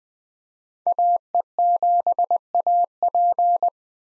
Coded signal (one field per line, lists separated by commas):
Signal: Morse code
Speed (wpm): 20 wpm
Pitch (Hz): 700 Hz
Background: none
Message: AE7AP